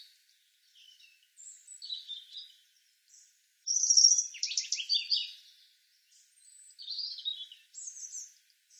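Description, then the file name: European robin song: several separate high, thin warbling phrases with sweet trills and quick buzzy notes, the loudest phrase near the middle, brief pauses between phrases. "Erithacus rubecula"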